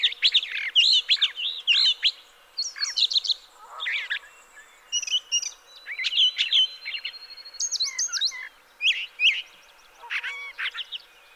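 Brown thrasher singing a fast medley of sharp, varied phrases, separated by brief gaps.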